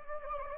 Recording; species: mosquito wingbeat signal from an infrared sensor; Anopheles gambiae